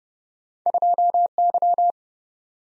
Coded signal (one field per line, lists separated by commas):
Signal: Morse code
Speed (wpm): 30 wpm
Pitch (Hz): 700 Hz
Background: none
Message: 2Y